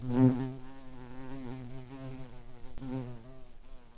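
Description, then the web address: Garden bumblebee buzz, a low steady droning hum with a rich stack of harmonics, swelling briefly at the start and wavering slightly throughout. Queen garden bumblebees. "Hortorum queens"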